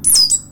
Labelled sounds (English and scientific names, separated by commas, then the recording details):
Stitchbird (Notiomystis cincta) song
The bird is a male
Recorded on Tiritiri Matangi Island, New Zealand, in 2005
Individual 22, of nest box 31